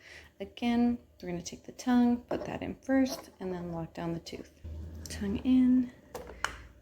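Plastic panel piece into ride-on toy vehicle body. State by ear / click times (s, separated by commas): not seated / none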